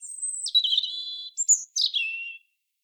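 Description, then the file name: European robin song: a thin high whistle, then warbled lower notes, a sharp high flourish and a descending trill, delivered in quick separated phrases against silence. "Erithacus rubecula"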